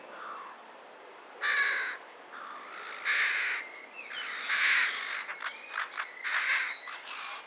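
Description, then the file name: Carrion crow cawing hoarsely several times at uneven intervals, with thin whistles from other birds in the background. "Corvus corone"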